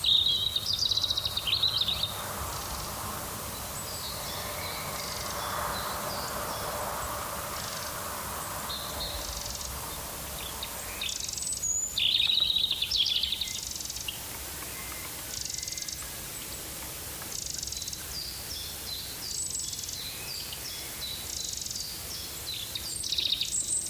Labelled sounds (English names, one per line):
European Robin song